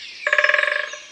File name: Pic epeiche Un jour dans la foret